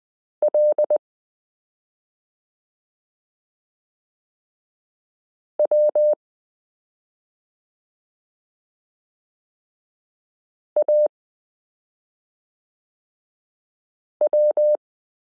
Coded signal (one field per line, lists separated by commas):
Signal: Morse code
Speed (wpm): 20 wpm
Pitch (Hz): 600 Hz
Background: none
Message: L W AW